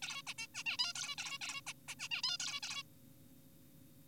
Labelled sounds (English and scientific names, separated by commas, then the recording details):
Zebra Finch (Taeniopygia guttata)
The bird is an adult
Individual g4p5U